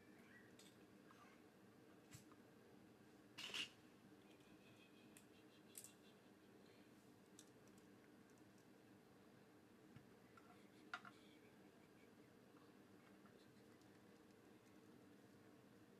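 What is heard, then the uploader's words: Plastic building bricks being handled, with a steady low hum underneath. Sparse sharp clicks and light rattles come every few seconds, the loudest cluster near the 3.5-second mark and another around 11 seconds. Building a Lego set.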